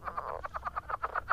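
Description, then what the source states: Southern leopard frog calling, a quick clucking series of rattly pulses. Background calling in Kentucky, where it is the most common and widely distributed of the state's three leopard frogs.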